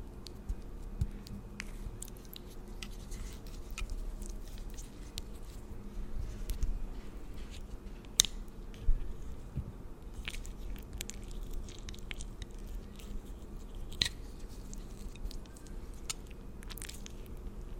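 Layered pampering sounds: soft crinkly and squishy handling over a steady low rumble. Sharp crisp clicks and taps punctuate it irregularly every second or so, with brighter snaps near 8 and 14 seconds.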